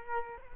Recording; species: mosquito wingbeat signal from an infrared sensor; Culex quinquefasciatus